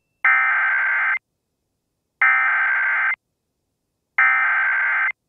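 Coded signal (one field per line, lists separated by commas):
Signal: Emergency Alert System (SAME) tones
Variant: header bursts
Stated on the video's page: Fictional EAS scenario made on request, about hackers taking over power plants.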